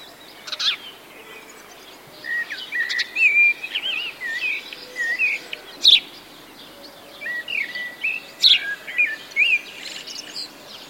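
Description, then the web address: Birds chirping and whistling in short bursts, with bright clicks and warbled phrases over steady background hiss. Birds singing in a grove during the warm season. "sonido del canto de los pajaros en un bosquecillo durante la estacion calida"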